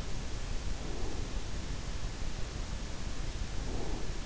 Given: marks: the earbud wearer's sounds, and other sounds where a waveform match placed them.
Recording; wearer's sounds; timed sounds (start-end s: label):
sounds in sleep by an in-ear microphone; breath
0.74-1.29 s: breath
3.49-4.10 s: breath